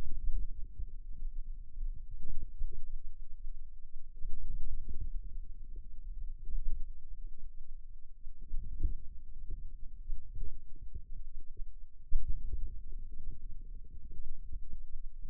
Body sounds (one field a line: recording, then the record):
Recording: forearm muscle sounds (acoustic myography)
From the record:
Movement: wrist extension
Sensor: system 2, bracelet of six BSWA MPA416 microphones around the upper forearm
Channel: 5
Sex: male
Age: 22 years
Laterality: right